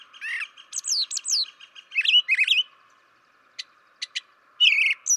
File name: Brown Thrasher